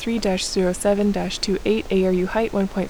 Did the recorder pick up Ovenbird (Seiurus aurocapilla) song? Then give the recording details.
no. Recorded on 1 June 2016 at 14:12. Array SBT-3-7